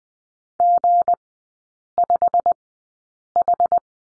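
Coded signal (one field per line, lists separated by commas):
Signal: Morse code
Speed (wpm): 20 wpm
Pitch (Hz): 700 Hz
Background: none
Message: G5H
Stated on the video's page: Morse code course lesson on the letter G, three-character groups, sent at Farnsworth speed 20/10 wpm.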